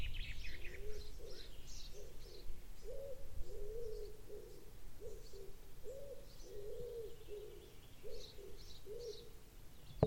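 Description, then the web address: Bird giving low, soft cooing notes in short repeated phrases, with fainter high chirps from other birds and a steady low rumble of background noise. "cianscape. Deverinetal. Bird Only"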